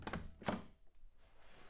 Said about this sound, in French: Les amis frappent à la porte et entrent.